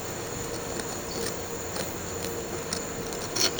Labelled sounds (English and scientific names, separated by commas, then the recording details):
none
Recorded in pastures near Puerto Asís, Putumayo, Colombia, on 4 March 2025 at 13:00
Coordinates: 0.466, -76.322
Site CSA-02